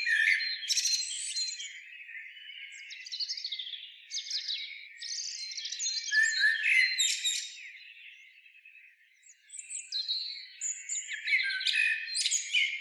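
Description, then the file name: Eurasian blackbird calling with dense, squeaky and chattering high notes in irregular bursts, pausing briefly near nine seconds before resuming. "Turdus merula"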